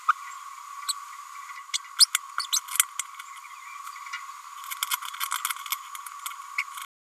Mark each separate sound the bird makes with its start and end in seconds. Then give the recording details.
0.88-0.93, 1.73-1.78, 1.98-2.07, 2.39-2.46, 2.52-2.60. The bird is a female. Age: 31 days. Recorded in a nest box in Venezuela. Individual 17B102A6